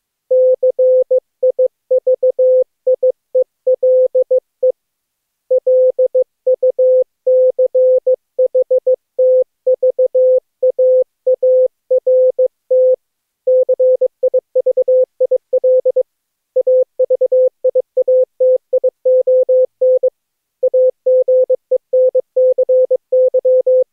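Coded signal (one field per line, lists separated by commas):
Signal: Morse code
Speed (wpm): 15 wpm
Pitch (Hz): 510 Hz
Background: none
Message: CIVIELE LUCHTVAART CIVIL AVIATION AGENCY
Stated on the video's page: Ultra-short Morse practice segment following ham radio news and a 8PSK500 burst at 1000 Hz.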